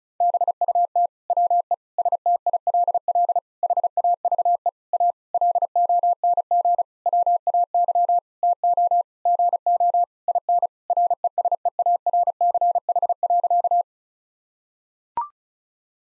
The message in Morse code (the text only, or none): BUT WE STILL HAVE A LONG WAY TO GO IN RESEARCH.